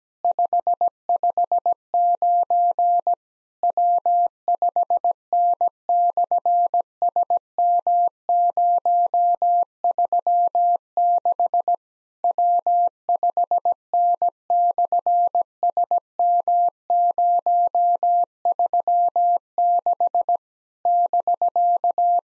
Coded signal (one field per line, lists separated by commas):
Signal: Morse code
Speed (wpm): 17 wpm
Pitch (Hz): 700 Hz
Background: none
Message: 559 W5N/SM036 W5N/SM036 <BK>